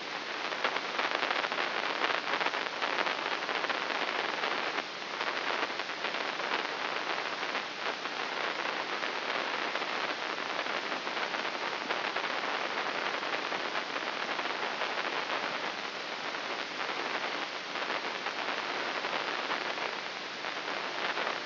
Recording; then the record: brain microelectrode recording played as sound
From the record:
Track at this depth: inside the subthalamic nucleus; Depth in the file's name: 1.1 mm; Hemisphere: left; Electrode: 3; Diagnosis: Parkinson's disease